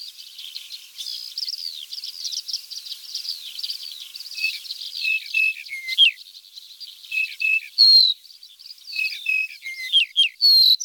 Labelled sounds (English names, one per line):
Yellow-breasted Bunting song